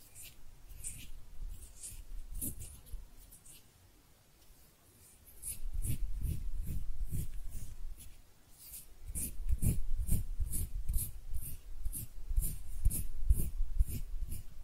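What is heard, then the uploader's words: Hand sounds in soft, repeated bursts of rubbing and brushing, each stroke pairing a low thump with a bright hiss. Strokes come in quick runs, first around 1–3 seconds, then 5.5–8 seconds, then steadily from 9 seconds on, with quiet pauses between. ASMR Relaxing Hand Sounds (No Talking).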